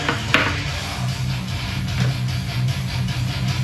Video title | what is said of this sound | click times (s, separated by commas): Tube change…Tri bike | Snaps right in. | 0.1 s, 0.3 s